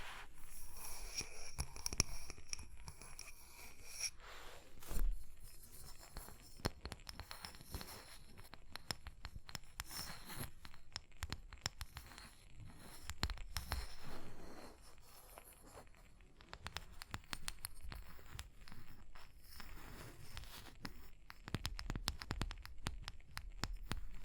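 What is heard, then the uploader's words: Tapping and scratching in dense, irregular bursts of crisp clicks and scrapes, with a louder knock near five seconds and brief high tones early. Tapping and Scratching (No Talking).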